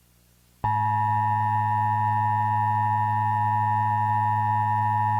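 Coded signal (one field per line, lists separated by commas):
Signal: Emergency Alert System (SAME) tones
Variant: 853 and 960 Hz attention tone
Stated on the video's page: Mock alert, not a real broadcast.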